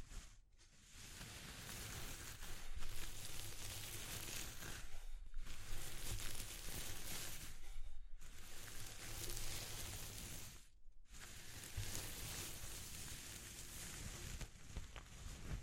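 Textures being explored: a dense, crackly rustling and scratching that fills the sound from low to very bright, mostly steady in level. It stops briefly several times, near 0.5, 5, 8 and 11 seconds, then resumes with the same rough, sizzling quality.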